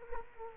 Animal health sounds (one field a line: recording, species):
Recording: mosquito wingbeat signal from an infrared sensor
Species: Culex quinquefasciatus